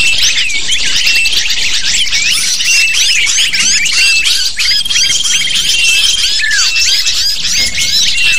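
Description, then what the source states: Lovebird flock chatter, shrill squawks and rapid chirps pouring out nonstop, dotted with a few longer whistled notes and falling squeals. Lure used to attract lovebirds.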